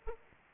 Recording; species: mosquito wingbeat signal from an infrared sensor; Aedes aegypti